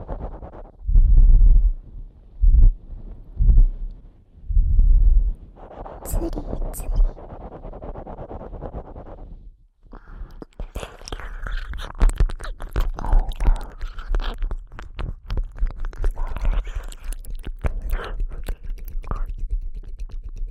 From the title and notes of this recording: ASMR Christmas Ear Eating.